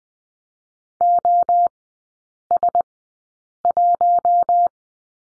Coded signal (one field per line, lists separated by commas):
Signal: Morse code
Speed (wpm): 19 wpm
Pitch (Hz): 700 Hz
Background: none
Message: OS1